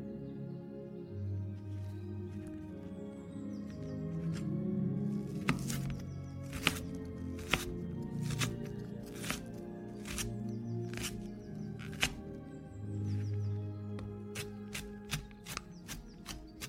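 Granny cooks in a vintage kitchen while oldies music plays from the living room. A low, steady music bed with sustained tones runs throughout, and sharp clicks and taps from kitchen work punctuate it every second or so, clustering quickly toward the end.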